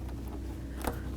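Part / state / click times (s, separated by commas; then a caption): upper radiator hose retaining clip into shroud mount / seated / 0.9 s. The plastic retaining clip on the upper radiator hose of a 2013-2018 Dodge Ram 1500 is pressed into its mounting position on the fan shroud during a radiator cooling fan assembly replacement. A short, sharp click sounds at 0.9 s over a steady low hum. The clip snaps into the mount and is seated securely.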